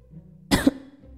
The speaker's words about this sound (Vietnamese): Kỷ Vân Hòa ho khan một tiếng.